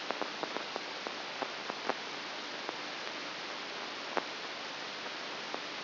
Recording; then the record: brain microelectrode recording played as sound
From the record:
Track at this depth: outside the subthalamic nucleus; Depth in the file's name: 8.001 mm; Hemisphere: right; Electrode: 3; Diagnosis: Parkinson's disease